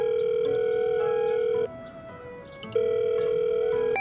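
A steady, mid-pitched mobile phone ringback tone, after a number is dialed by someone leaning against a big tree, sounds for about a second and a half, drops out for a moment over faint background noise, then resumes at the same level.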